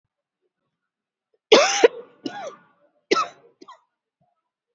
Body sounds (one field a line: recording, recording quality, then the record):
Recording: heavy voluntary cough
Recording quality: excellent, no background noise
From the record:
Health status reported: exposed to COVID-19, no respiratory illness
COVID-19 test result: negative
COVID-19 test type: RT-PCR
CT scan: taken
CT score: 25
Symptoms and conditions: fever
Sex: female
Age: 51 years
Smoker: no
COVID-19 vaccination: both doses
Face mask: worn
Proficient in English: yes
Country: India